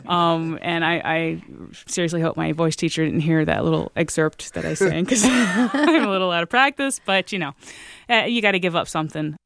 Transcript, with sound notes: And I seriously hope my voice teacher didn't hear that little excerpt that I sang because...
(LAUGHTER)
...I'm a little out of practice. But, you know, you got to give up something.